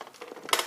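The handle of a Dyson Cinetic Big Ball upright vacuum is pushed back into its upright parking latch, with faint light ticks and rattles before a sharp, bright click at 0.5 s. The handle seats and locks upright, clicking into place a little more easily than on the DC65.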